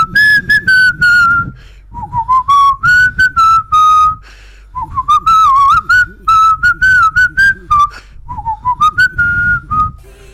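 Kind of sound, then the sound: human body sound, person whistling a tune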